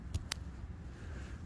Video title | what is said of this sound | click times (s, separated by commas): EcoFlow 160w Solar Panel review folds and lightweight | and all you want to do is make sure it clicks in | 0.3 s